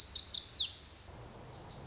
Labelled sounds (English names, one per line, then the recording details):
Lazuli Bunting
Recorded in Sonoma County, California